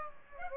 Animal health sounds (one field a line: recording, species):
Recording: mosquito wingbeat signal from an infrared sensor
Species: Aedes aegypti